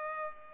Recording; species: mosquito wingbeat signal from an infrared sensor; Culex pipiens